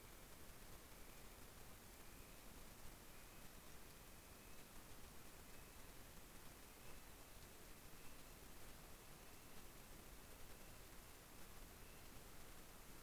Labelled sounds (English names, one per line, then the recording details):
North Island Brown Kiwi male call
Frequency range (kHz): North Island Brown Kiwi 1.7-4.4 kHz
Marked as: faintness 5/5
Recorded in New Zealand on 18 December 2013
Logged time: 22:59
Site CJ71